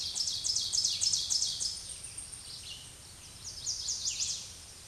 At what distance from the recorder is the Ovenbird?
about 15 m